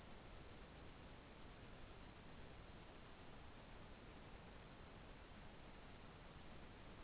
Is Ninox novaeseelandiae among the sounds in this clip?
no